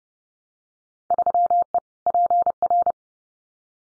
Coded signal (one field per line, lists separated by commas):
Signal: Morse code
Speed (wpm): 30 wpm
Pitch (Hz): 700 Hz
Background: none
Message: 3E PR